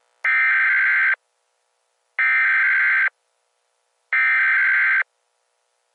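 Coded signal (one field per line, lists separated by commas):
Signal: Emergency Alert System (SAME) tones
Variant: header bursts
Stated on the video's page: Fictional earthquake-warning EAS scenario made with valid tones; simulated, not a real alert.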